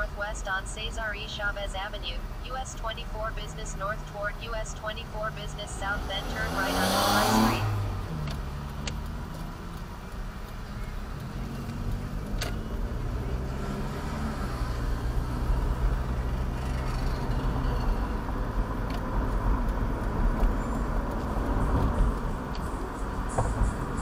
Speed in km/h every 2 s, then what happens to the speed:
0, 0, 0, 0, 2, 5, 15, 24, 31, 35, 37, 40.
0-9 standing. 9-24 pulls away to 40.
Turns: none.